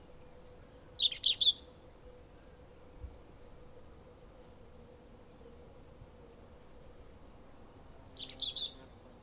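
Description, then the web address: European robin phrases: a high thin whistle followed by quick sparkling twittered notes, heard twice with a long quiet gap between; soft low hum in the background. "Deverinetal 2025 File origin Bird Only Er Ru"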